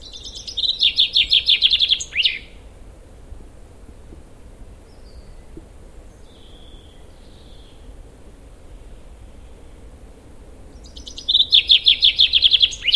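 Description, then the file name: Common chaffinch song: two bright, rapid trilled phrases, the second cut off at the end, separated by about nine seconds of near silence with a low hum. "Fringilla coelebs"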